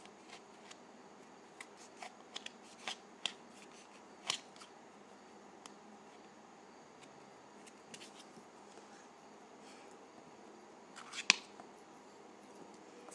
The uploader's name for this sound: ASMR Dry Putty